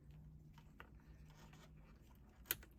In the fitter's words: plug on the upper left side and plug it into the left connector press in until it clicks next